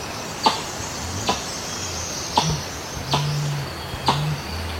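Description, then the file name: Helmeted curassow booming in low, steady hums, several notes in quick succession, with sharp clicks roughly every second and insects in the background. "Canto do mutum de elmo"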